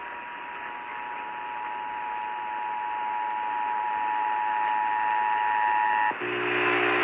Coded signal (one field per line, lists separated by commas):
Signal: Emergency Alert System (SAME) tones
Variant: 853 and 960 Hz attention tone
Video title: Concerning Tennessee Amber Alert on WLAC-AM 1510 Nashville - 10/14/22 (EAS 1047)